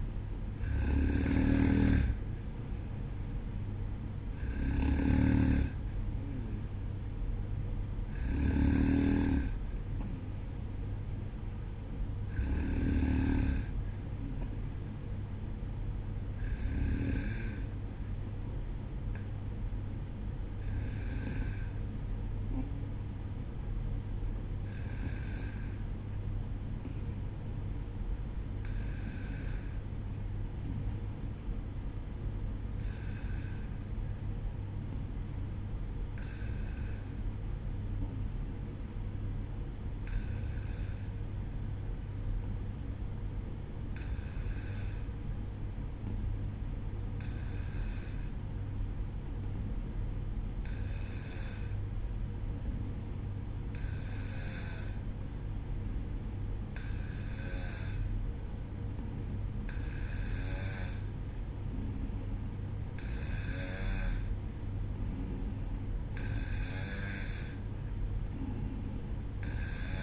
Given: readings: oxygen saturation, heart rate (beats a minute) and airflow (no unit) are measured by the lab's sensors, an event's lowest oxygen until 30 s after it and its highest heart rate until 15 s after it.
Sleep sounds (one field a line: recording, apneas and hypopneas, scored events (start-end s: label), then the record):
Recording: breathing in sleep by a smartphone at the bedside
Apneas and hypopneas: 1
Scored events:
23.00-62.80 s: hypopnea (N2, oxygen 95% highest, then 92% lowest, heart rate 58 at the start, 62 highest)
From the record:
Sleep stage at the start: N2 (light sleep)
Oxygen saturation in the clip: 92 to 95%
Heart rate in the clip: 58 to 63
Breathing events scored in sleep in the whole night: 305 in 9.6 hours asleep